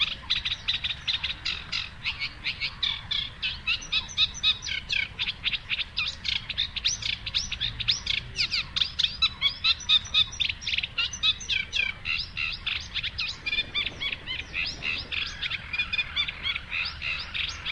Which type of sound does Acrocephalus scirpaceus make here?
song